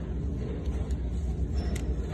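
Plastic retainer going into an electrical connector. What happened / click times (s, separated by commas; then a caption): The connector retainer snapped home / 1.8 s. A plastic connector retainer is pushed into an electrical connector, with a low steady rumble in the background. A short, sharp click sounds at 1.8 s as the retainer seats home.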